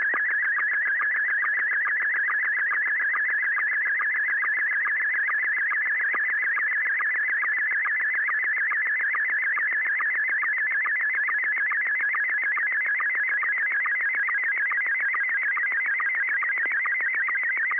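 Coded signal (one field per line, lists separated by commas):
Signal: SSTV (slow-scan television)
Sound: steady warbling, chirping tone with rapid regular ticks, like a scanning image line by line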